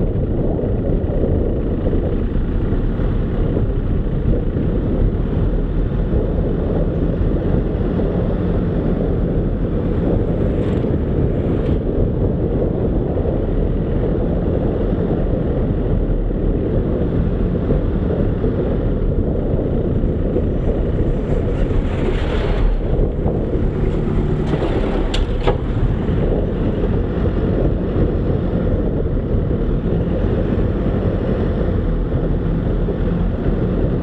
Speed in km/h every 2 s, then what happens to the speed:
22, 22, 24, 27, 27, 28, 28, 26, 27, 24, 21, 19, 20, 23, 23, 25, 27.
0-12 steady at about 27. 12-23 slows to 19. 23-34 speeds up to 27.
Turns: none.